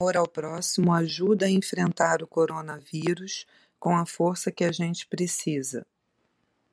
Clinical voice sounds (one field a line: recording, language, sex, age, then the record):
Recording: spoken sentence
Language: Brazilian Portuguese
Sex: female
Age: 40 to 49 years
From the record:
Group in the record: control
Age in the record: 46 years